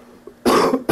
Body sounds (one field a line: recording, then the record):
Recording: coughing mixed with background sound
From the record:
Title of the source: Coughing 77